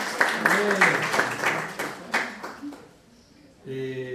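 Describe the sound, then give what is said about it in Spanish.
A classroom group claps for about three seconds during a Spanish lesson, for a pupil who found a word in the dictionary, an uneven, scattered patter of hands mixed with children's voices, fading out before one voice speaks again. “Tres bones, aplausos.”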